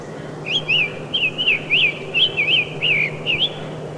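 Summer Tanager song: a string of clear whistled up-and-down notes in short, evenly paced phrases, with a soft low hum beneath.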